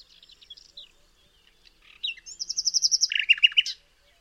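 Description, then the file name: Common nightingale song: a quiet jumble of high notes, then a loud, rapid run of repeated chattering notes and a dense buzzy trill near the end. "Luscinia megarhynchos"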